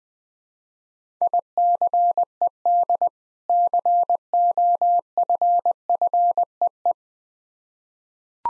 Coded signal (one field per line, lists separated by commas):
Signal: Morse code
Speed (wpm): 20 wpm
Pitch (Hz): 700 Hz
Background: none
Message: ICED COFFEE